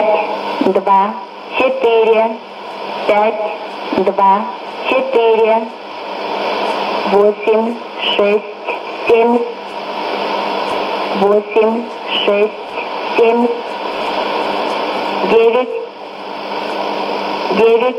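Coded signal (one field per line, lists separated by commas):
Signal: numbers station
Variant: S06s, Russian female voice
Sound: woman's voice reading single digits in Russian, short evenly spaced words with pauses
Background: radio static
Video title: 04 06 2017 Numbers station S06s Russian Lady in Russian to Eu 0645 on 14875 unknown tx site in CUSB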